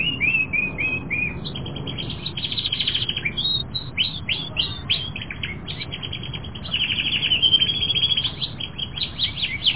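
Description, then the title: Canary song: a continuous stream of quick chirps, tinkling trills and buzzy rolled phrases that change pace often, with a low background hum. Several canaries. "kenarijos"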